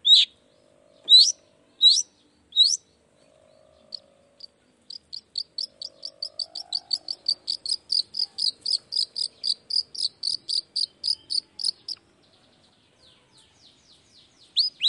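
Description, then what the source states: Long-tailed shrike song: a few sharp high chirps, then a fast even run of repeated bright notes for several seconds, with a faint low hum beneath. Morning singing of a lively long-tailed shrike with 'toet toet' sound variations, intended to stimulate reluctant shrikes into singing quickly.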